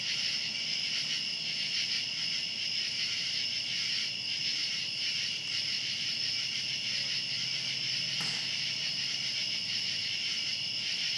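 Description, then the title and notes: Cicadas keep up a constant high-pitched buzz, the chorus steady throughout, interrupted only by a brief sharp click near the end. Outdoors at night. "Ext. Cicadas, Night by Bandeto"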